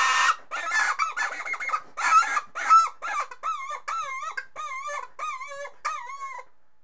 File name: chicken